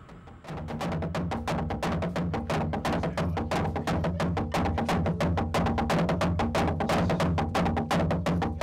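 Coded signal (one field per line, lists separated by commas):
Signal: drum signal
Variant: garamut slit drum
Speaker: as soon as the sun sets the enormous garamuts announced the start of the ceremony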